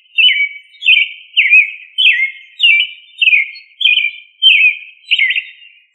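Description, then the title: Thrush singing a clear phrase repeated about every two-thirds of a second, each a bright high note sliding sharply down, nine in a row with no other sounds. "Familia Turdidae - Sabia"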